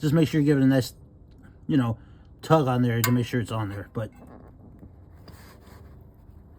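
The long end of a new rubber spark plug wire boot is being handled at the spark plug terminal deep in the engine of a Grand Am during a tune-up. Someone talks for the first four seconds, then only quiet background handling noise follows, with one faint tick near 5.3 s. Nothing has seated or clicked yet.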